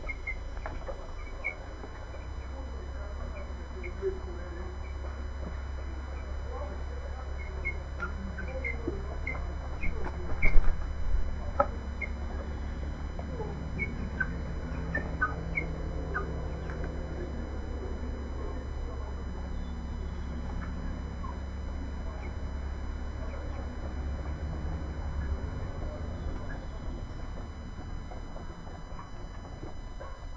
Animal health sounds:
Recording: poultry house recording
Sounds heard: background noise or bird activity such as feeding and pecking

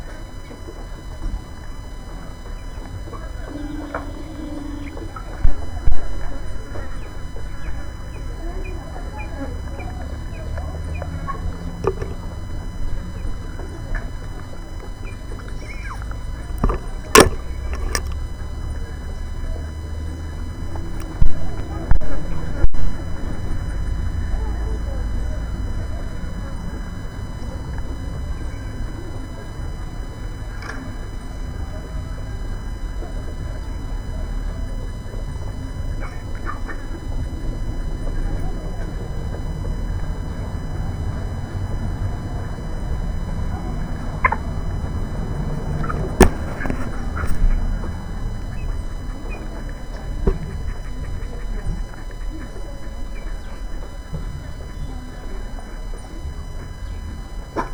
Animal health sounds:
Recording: poultry house recording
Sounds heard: background noise or bird activity such as feeding and pecking

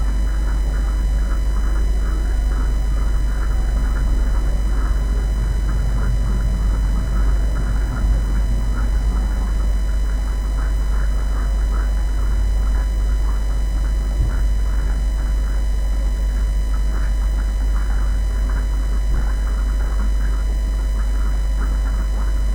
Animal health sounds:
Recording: poultry house recording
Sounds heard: sick chickens (respiratory disease)

